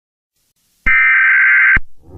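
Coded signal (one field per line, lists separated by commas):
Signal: Emergency Alert System (SAME) tones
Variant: header bursts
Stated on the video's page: Fictional EAS scenario.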